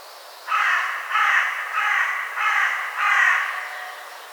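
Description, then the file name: Carrion crow giving five harsh, hoarse caws in a steady series, roughly one every two-thirds of a second. "Corvus corone"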